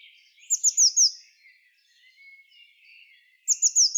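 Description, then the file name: Eurasian blue tit calling with a fast run of four very high, sharp down-slurred notes, soft thin twittering, then the same phrase starting again. "Cyanistes caeruleus"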